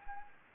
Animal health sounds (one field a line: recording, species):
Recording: mosquito wingbeat signal from an infrared sensor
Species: Anopheles arabiensis